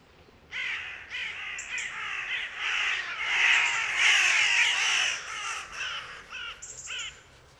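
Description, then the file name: Carrion crow cawing in a rapid run of harsh, raspy calls, roughly one or two a second. "Corvus corone"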